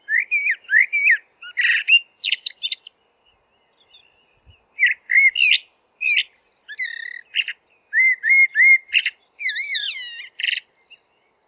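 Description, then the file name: Eurasian blackbird song, broken by one longer pause: fluty warbled notes repeated in quick runs, mixed with high squeaky twitters and thin high whistles. "merel zang"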